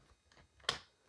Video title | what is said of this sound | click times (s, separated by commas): Maircle S3 Pro Unboxing And First Tests - INCREDIBLE! | all right go and I got a nice positive click okay that's great | 0.7 s